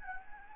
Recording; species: mosquito wingbeat signal from an infrared sensor; Anopheles gambiae